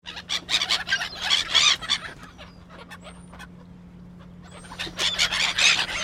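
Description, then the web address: Gulls squabbling in two flurries of rapid, rasping squawks and yelps, with a quieter gap between them and a low hum beneath. Seagulls squabbling. "Tom Hutchings Seagulls Squabbling"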